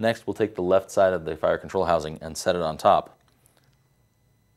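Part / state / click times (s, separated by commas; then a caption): left half of a pistol fire control housing onto the right half / seated / 3.5 s. The left half of an FN 509 pistol's fire control (sear) housing block is set on top of the right half and pressed down onto its locating pins. Someone talks for about the first three seconds. A quiet, sharp click follows at 3.5 s as the two halves lock together and seat.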